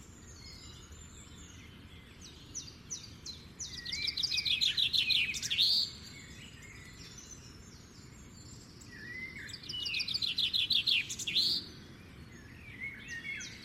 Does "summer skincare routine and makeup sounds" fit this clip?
no